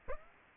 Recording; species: mosquito wingbeat signal from an infrared sensor; Aedes aegypti